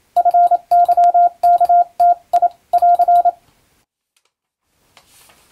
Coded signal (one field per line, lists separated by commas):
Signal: Morse code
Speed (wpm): 27 wpm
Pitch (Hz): 700 Hz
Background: none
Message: FYKTI <AR>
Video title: モールス符号を使った無線通信！今でもあります！国家試験があります、練習風景です。アマチュア無線の受信トレーニングに、YouTubeの再生速度を設定して聞こう！ morse code practice